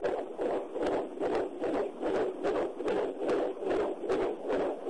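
Baby heartbeat: a fast, steady, regular whooshing pulse at about 146 beats per minute.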